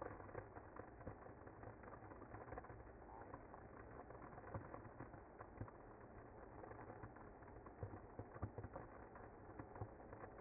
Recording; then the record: honeybee colony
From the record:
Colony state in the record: active